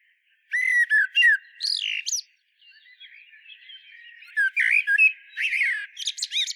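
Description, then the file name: Common blackbird song, with fluty whistled notes rising into a squeaky twitter, then a soft, quiet warble before a second phrase of whistles and high chatter. "Turdus merula"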